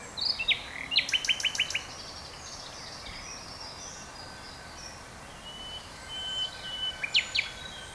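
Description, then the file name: Common nightingale song, with a fast repeated clicking trill, scattered whistled notes and a later burst of notes, against a constant hiss. "Luscinia megarhynchos"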